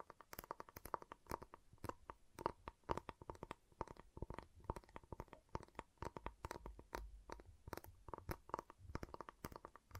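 Sharp taps and crisp snaps on a giant chocolate bar come in quick, dense bursts throughout, with only brief gaps between clusters. Each hit is short and bright, some with a low thud beneath, and a faint steady tone runs along underneath.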